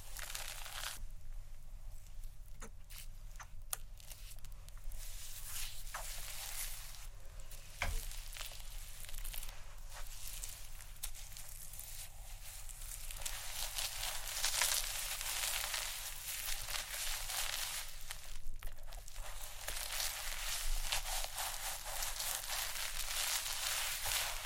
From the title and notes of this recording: Scalp Massage (Head Scratching, Hair Brushing, Shampoo).